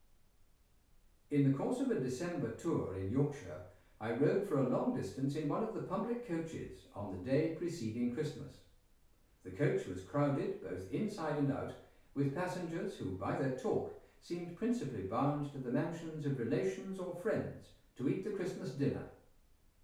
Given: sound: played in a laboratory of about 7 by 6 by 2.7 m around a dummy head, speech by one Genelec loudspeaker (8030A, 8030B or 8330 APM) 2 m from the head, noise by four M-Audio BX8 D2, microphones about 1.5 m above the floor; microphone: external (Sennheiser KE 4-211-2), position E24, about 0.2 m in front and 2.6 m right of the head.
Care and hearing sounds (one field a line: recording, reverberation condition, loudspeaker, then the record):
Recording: male speech in English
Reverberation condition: medium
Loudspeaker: in front (0 degrees)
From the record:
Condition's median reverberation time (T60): about 510 ms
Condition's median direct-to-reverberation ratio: about -0.5 dB